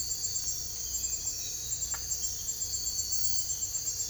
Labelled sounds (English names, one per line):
none